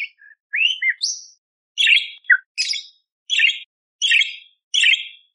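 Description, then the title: Budgerigar chirping: a few varied squeaky notes, then a series of short harsh chirps repeated about every three-quarters of a second. Loud, clear chirping budgerigar used as masteran for training kacer songbirds, with coarse 'tembakan' bursts. "Masteran Burung Parkit Gacor Jernih Full Isian Tembakan Kasar Cocok Buat Kacer"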